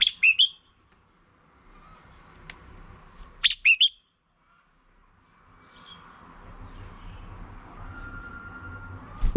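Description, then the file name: Red-whiskered bulbul giving two short clusters of sharp, high chirps about three seconds apart, then a quieter stretch with low background noise. Female. "tieng chao mao mai"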